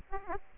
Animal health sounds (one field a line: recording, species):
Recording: mosquito wingbeat signal from an infrared sensor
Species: Aedes aegypti